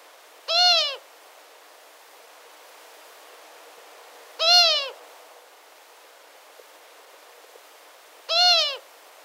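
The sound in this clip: Long-eared owl calls: three drawn-out, nasal, squealing notes with rich harmonics, each about half a second long, spaced roughly four seconds apart over a quiet background.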